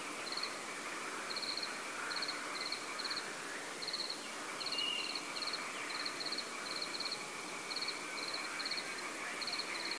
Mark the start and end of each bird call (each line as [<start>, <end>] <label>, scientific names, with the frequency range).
[4.71, 5.14] Rallus aquaticus (2.6-3.2 kHz)